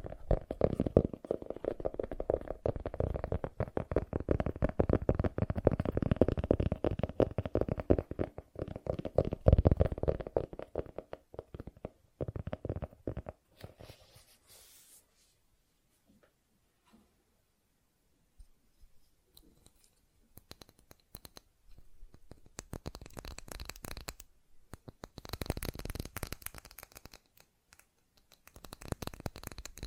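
Fast ASMR tapping in dense, rapid bursts for the first fourteen seconds, then a near-silent gap, followed by scattered, brighter tapping clusters.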